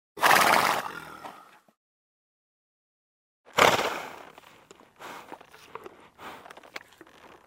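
Horse: a loud, harsh vocal burst lasting about a second, a pause, then another loud burst followed by rough snorting and breathy noises.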